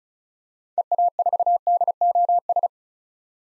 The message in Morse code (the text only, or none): EA4DOS